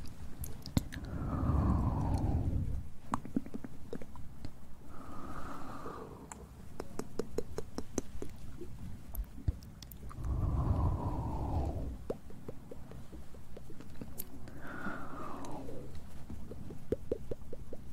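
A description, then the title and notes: Ear cleaning and massage, heard as soft rubbing strokes that sweep down in a muffled whoosh about every four to five seconds, at 1, 5, 10 and 15 seconds. Between strokes, dense little clicks and crackles keep up, with a low thumping rumble underneath. ASMR Ear cleaning & Ear massage.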